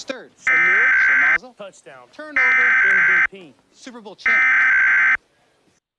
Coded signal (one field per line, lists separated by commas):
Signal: Emergency Alert System (SAME) tones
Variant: header bursts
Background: speech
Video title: The Devil's Awakening (An EAS Scenario)